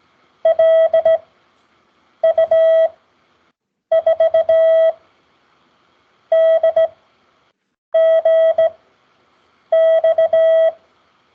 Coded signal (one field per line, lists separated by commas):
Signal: Morse code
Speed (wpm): 17 wpm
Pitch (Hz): 650 Hz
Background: none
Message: LU4DGX